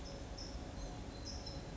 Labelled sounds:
California Towhee (Melozone crissalis)
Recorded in Sonoma County, California

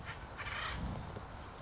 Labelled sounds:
Acorn Woodpecker (Melanerpes formicivorus)
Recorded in Sonoma County, California

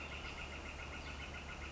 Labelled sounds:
Northern Flicker (Colaptes auratus)
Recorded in Sonoma County, California

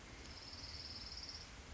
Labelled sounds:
Orange-crowned Warbler (Leiothlypis celata)
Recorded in Sonoma County, California

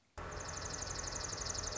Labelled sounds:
Dark-eyed Junco (Junco hyemalis)
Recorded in Sonoma County, California

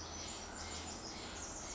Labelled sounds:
Pacific Wren (Troglodytes pacificus)
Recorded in Sonoma County, California

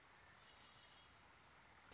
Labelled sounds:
Red-winged Blackbird (Agelaius phoeniceus)
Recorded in Sonoma County, California

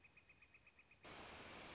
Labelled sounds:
Northern Flicker (Colaptes auratus)
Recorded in Sonoma County, California

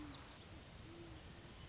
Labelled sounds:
Great Horned Owl (Bubo virginianus)
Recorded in Sonoma County, California

